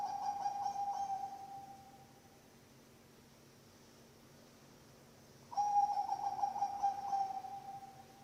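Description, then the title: Zebra dove cooing: the tail of one purring phrase, several seconds of silence, then a fresh run of rapid low pulses. Bangkok-type zebra dove (perkutut bangkok) song, used as a master recording for training birds (masteran) and for luring (pancingan). "mster Mnuk. SUARA OCEHAN BURUNG PERKUTUT BANGKOK Untuk MASTERAN dan PANCINGAN"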